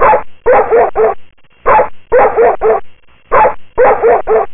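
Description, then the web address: Dog barking in three quick groups of about four sharp barks, separated by brief pauses. "動物王國有聲書-FOOD超人 動物-狗"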